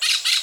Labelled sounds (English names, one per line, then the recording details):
Brown-throated Parakeet contact call
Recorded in Venezuela
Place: Maracay, UCV-Agronomy campus
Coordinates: 10.278, -67.607